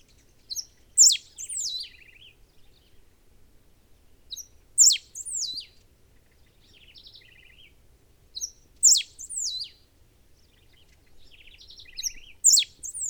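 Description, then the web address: Serin singing high, jingling phrases that mix sharp rising and falling whistles with a dry trill, repeated about every four seconds in a quiet setting. "Serra finch. صدای-پرنده-سهره-سرا"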